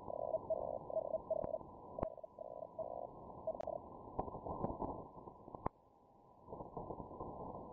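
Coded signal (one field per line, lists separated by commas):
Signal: Hellschreiber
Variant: Feld Hell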